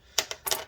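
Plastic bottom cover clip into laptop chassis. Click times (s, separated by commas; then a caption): 0.2 s, 0.3 s. A small clip on the plastic bottom cover of a Lenovo IdeaPad 5 15ITL05 laptop, which had not snapped in all the way, is pressed down into the laptop chassis. Two sharp clicks sound at 0.2 s and 0.3 s, followed by a longer rustling scrape around 0.45 to 0.65 s. The clip is seated.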